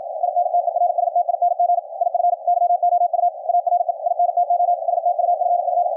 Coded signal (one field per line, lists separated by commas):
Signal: Morse code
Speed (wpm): 53 wpm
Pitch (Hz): 700 Hz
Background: radio noise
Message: INTERSTING IF YOU ARE INTO STUFF